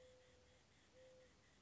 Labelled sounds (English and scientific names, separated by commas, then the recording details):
Mourning Dove (Zenaida macroura)
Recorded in Sonoma County, California